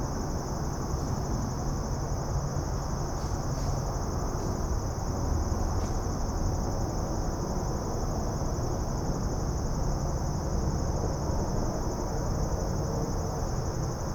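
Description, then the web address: Insects sustain a level, high-pitched chorus, with a few brief clicks early on and a steady low rumble underneath. Suburban setting, daytime ambience. "Suburban din day insects. boom library Urban and Suburban"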